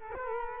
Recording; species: mosquito wingbeat signal from an infrared sensor; Culex quinquefasciatus